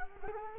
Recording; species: mosquito wingbeat signal from an infrared sensor; Culex quinquefasciatus